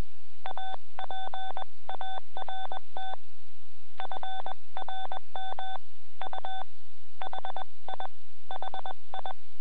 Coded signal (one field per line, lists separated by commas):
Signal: Morse code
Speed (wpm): 21 wpm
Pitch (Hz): 3500 Hz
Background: none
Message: APART FRM U HI HI